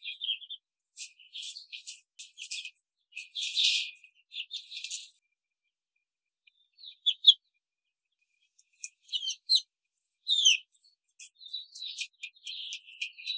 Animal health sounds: young laying hens in a cage, short pieces joined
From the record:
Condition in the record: control cage, after the stress test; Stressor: none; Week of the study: 5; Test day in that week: 1

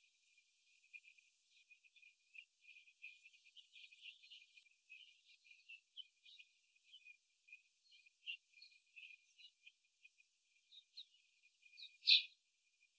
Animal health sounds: young laying hens in a cage, short pieces joined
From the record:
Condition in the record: after the stressor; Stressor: simulated dog barking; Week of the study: 3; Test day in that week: 2

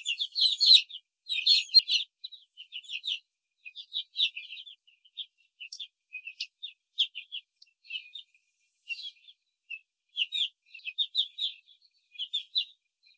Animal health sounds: young laying hens in a cage, short pieces joined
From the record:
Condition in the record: control cage, after the stress test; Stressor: none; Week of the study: 4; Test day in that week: 1

